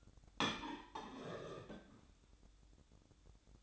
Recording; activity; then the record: daily activity, microphone in the room; place plate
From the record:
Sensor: 3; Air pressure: 1007.4 hPa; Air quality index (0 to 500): 50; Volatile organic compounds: 1 ppm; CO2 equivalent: 580 ppm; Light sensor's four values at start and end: 8/20/8/8 and 9/20/8/8